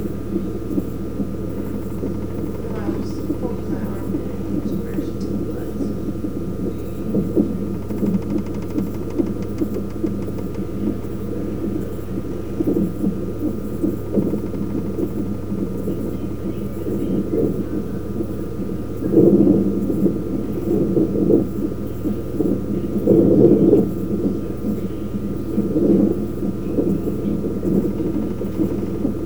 Fetal heartbeat.